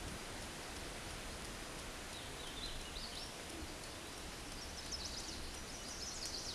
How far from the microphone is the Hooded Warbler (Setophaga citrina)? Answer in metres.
about 80 m